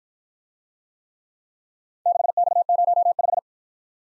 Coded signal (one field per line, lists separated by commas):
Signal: Morse code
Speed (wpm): 54 wpm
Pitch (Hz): 700 Hz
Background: none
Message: 6X05